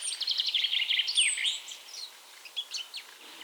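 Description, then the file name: European robin singing a rapid high, warbling phrase of thin whistles and trills, then scattered fainter notes. "Erithacus rubecula"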